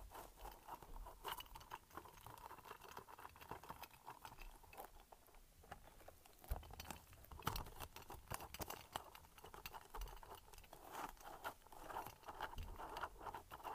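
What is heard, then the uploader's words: A light-up spiky ball is handled, making a dense run of quick, irregular taps and patters that continue throughout. Some clicks are sharp and bright, others softer, with a heavier thump near the middle and bursts of busier tapping around eight and eleven seconds. ASMR Light-Up Spiky Ball.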